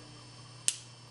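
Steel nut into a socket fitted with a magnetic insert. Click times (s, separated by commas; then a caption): 0.7 s. A three-quarter inch steel nut is pulled by a magnetic insert into a socket wrench socket and seats with a single sharp metallic snap at 0.7 s. A steady low hum runs underneath, and the nut stays seated in the socket.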